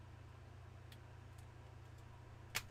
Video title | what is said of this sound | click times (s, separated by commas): #Livestream Building the LEGO Up-Scaled Darth Vader MiniFig + Bricks & Minifigs | There we go. I heard a click. Did you hear a click? I heard a click. | 2.6 s